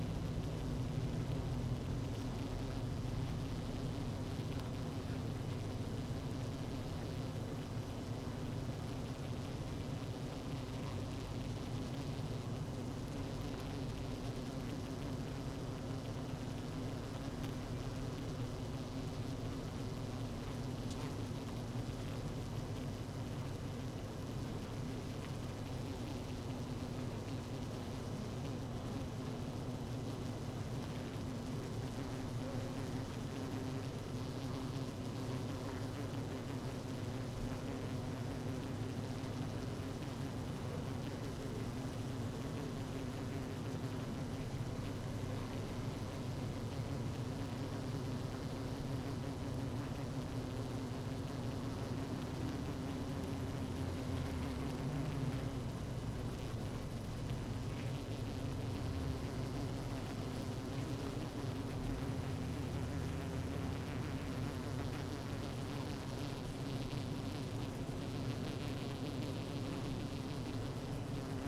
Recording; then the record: honeybee colony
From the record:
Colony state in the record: active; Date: 12 June 2018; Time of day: 17:10